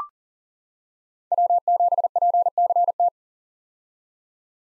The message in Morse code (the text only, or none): W7PCT